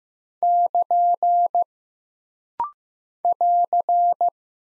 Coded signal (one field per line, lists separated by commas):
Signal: Morse code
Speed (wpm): 15 wpm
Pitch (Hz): 700 Hz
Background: none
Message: <KN> <AR>